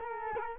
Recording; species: mosquito wingbeat signal from an infrared sensor; Culex quinquefasciatus